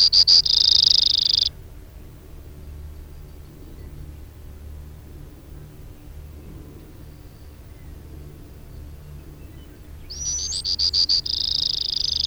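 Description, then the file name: Brewer's sparrow song: a high buzzy trill at the opening, a long quiet gap, then separate pulsed notes and a brief rising note leading into another rapid high trill. Recorded on 2 June 2001. "2001-06-02 Brewers Sparrow"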